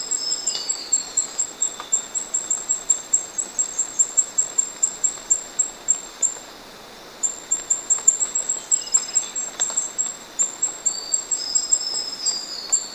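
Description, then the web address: Indigo flowerpiercer singing a rapid, ticking, very high trill that stops briefly partway through, then resumes at the same pace. Recorded in Ecuador. "Natures Songs S America Birds of Ecuador Indigo Flowerpiercer"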